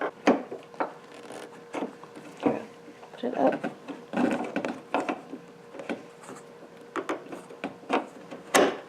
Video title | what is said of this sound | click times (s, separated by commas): How to replace the Trunk/Rear Hatch Lift Supports of the MK4 Beetle | I'm gonna have to press on it. You click, | 0.3 s